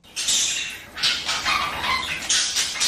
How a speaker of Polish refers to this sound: Papugi, a konkretnie Aleksandrety obrożne.